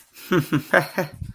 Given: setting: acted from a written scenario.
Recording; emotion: vocal sound without words; amusement